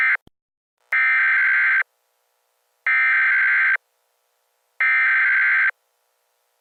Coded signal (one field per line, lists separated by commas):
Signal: Emergency Alert System (SAME) tones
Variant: header bursts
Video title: EAS Scenario: Fire Tornado Warning